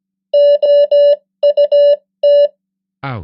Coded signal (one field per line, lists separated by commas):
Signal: Morse code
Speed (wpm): 17 wpm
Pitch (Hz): 580 Hz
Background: none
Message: OUT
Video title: 100 most common English words in Morse Code @15wpm (+ spoken English words!)